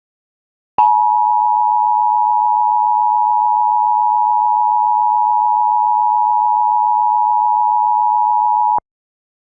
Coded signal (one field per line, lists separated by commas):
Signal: Emergency Alert System (SAME) tones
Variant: 853 and 960 Hz attention tone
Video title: TMYK and Dixdos EAS Scenario Orange Night II